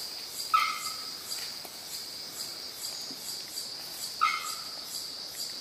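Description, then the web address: Bearded bellbird gives two loud, abrupt notes a few seconds apart, against a constant, shrill insect chorus. "sound bearded-bellbird. صدای-پرنده-زنگمرغ-ریشدار"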